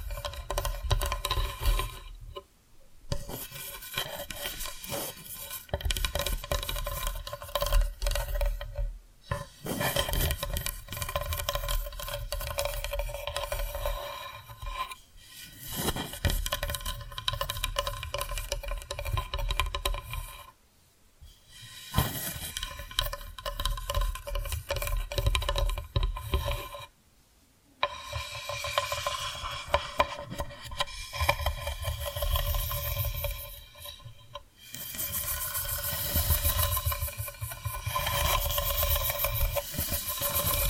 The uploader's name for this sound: Hypnotic Tapping & Scratching Sounds